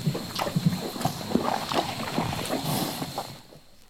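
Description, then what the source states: Horse chewing in quick crunchy bites for about three seconds, then fading to quiet. Eating apples.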